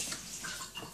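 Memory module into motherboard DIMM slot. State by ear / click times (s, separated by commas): not seated / none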